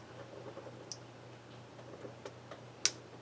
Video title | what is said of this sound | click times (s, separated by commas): Lets build a ASRock J5040 C64 Silent PC [Full parts & Tutorial] | and that definitely clicked now once they're in place they actually they can move | 2.9 s